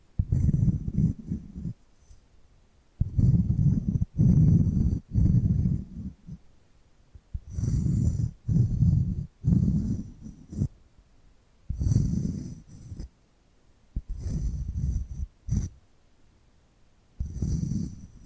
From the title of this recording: ASMR Hypnotic Tapping and Scratching Sounds